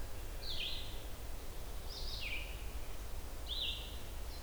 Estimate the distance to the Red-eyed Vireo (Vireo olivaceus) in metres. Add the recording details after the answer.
about 60 m. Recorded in boreal forest in Alberta, Canada, on 29 June 2016 at 05:52. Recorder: SongMeter 3, array SBT-6-79. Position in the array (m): 120 m, 191 m